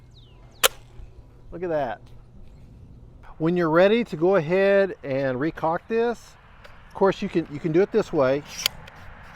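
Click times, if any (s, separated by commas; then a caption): none. Someone talks while preparing to recock a Wesfuner 3 Pack Foam Airplane Launcher With Lights by hand, pulling its plastic launch mechanism back so the catch will latch with a click. Brief sharp sounds occur around 0.6 s and 8.9 s amid the talking. The clip ends before the catch latches, so nothing has clicked or seated yet.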